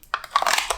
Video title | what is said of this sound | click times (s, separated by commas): Does Vedder Make a Better Holster?? Prodraw OWB Kydex Holster - Paddle, Optics, Adjustable, Quality | One hand, no problem. That perfect click. | 0.1 s